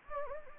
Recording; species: mosquito wingbeat signal from an infrared sensor; Anopheles gambiae